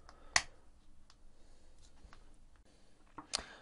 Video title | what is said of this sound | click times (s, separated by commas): Key Repair Ford Mondeo Focus Flip Key HOW TO | so that's that cover on. Just by pushing each tab down, it eventually clicks into place. | 0.4 s, 3.4 s